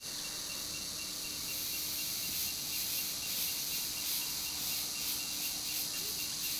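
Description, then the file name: Cicadas buzzing together, a continuous hissing drone with uneven pulsing in its upper part and a faint steady low tone underneath. Many cicadas calling in the morning in a rural community. "Muitas cigarras de manha em comunidade rural vozes longes caminhao passando"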